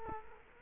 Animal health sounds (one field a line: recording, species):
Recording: mosquito wingbeat signal from an infrared sensor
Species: Culex quinquefasciatus